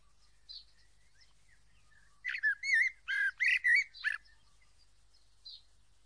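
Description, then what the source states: Common blackbird song: a few soft scattered notes, then a rich two-second burst of fluty warbled phrases, followed by one faint note. Singing at dusk.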